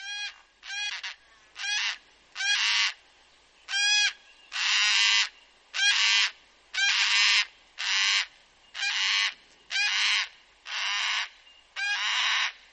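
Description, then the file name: Black cockatoo giving a long series of harsh, rasping screeches, about thirteen calls roughly one per second, some short and clipped, others longer. "Black Cocky"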